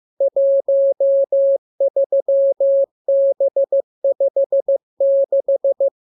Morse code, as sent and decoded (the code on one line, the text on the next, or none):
.---- ...-- -... ..... -....
13B56